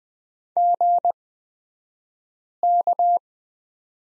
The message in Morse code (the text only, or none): GK